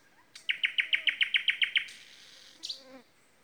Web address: chant du rossignol dans les lacs bleus